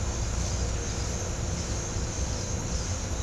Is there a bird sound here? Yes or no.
no